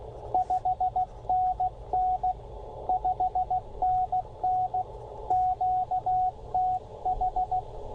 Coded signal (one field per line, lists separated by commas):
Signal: Morse code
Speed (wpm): 15 wpm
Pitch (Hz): 750 Hz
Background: radio noise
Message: 5NN 5NN QTH